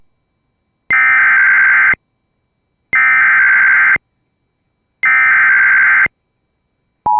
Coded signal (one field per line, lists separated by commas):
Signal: Emergency Alert System (SAME) tones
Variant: header bursts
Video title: Severe Thunderstorm Warning EAS#161